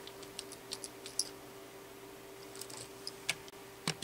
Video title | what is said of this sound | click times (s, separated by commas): Replacement Keyboard Key Compaq Repair Guide | push on diagonal corners and you'll hear the key cap snap into place | 1.2 s, 3.3 s